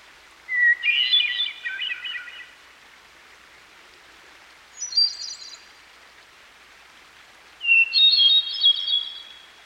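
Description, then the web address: Hermit thrush song with three phrases: a pure introductory whistle followed by a rapid, bell-like flourish, the middle one shorter and higher, with soft background hiss between. By a stream. "Dan Gibson Songbirds By The Stream. Hermit Thrush"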